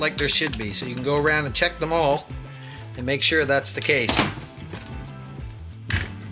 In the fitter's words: and you can hear it snap into place and then you can stick your all down in there and actually